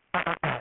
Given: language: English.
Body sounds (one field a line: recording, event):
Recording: throat vibration sensor signal played as sound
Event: throat clearing